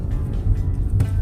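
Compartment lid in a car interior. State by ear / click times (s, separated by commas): seated / 1.0 s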